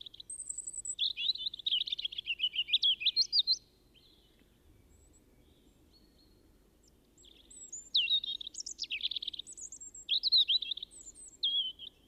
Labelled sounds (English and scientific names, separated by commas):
European Robin (Erithacus rubecula) song